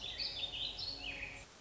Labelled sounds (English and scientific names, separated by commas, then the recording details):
Warbling Vireo (Vireo gilvus)
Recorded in Sonoma County, California